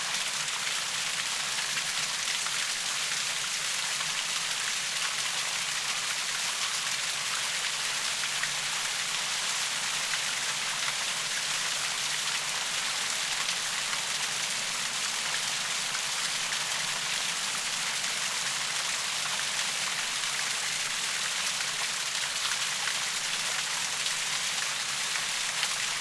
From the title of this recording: Small Stream in the Forest